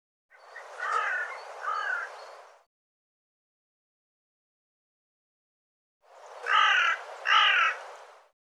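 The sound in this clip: Bird giving two pairs of hoarse, croaking notes separated by a few seconds of silence, with the second pair louder.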